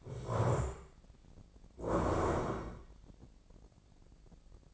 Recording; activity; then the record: daily activity, microphone in the room; stand up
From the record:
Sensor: 5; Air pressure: 1012.4 hPa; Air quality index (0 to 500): 148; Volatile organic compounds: 2 ppm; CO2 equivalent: 1018 ppm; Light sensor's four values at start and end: 273/653/279/308 and 273/654/279/309